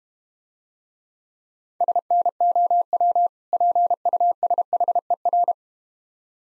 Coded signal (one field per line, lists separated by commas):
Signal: Morse code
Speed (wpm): 32 wpm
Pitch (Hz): 700 Hz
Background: none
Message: SNOW PUSHER